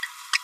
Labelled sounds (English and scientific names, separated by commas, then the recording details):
Green-rumped Parrotlet (Forpus passerinus) babbling
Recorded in a nest box in Venezuela
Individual 18B25A4